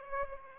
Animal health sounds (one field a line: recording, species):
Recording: mosquito wingbeat signal from an infrared sensor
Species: Aedes aegypti